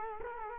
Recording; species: mosquito wingbeat signal from an infrared sensor; Culex quinquefasciatus